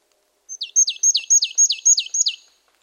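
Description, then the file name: Marsh tit calling a quick run of several sharp, down-slurred notes, each dropping steeply in pitch, evenly spaced in a quiet background. "Poecile palustris"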